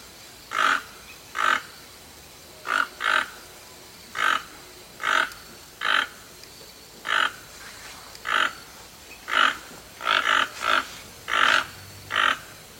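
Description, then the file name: Toco toucan uttering a long, irregular run of hoarse croaks, mostly a second apart, with a quick cluster of three near the end. "canto do tucano toco"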